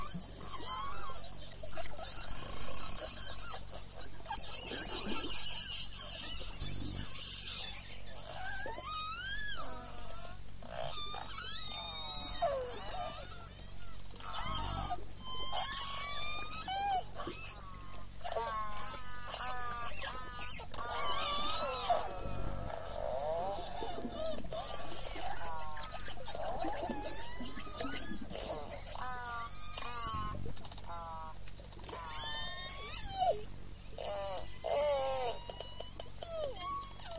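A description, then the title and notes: Underwater recording of orcas from a pod with a new calf: dense whistles, squeals and buzzing call trains throughout, over steady low hum. Underwater baby shower? Listen to J pod with new calf J59.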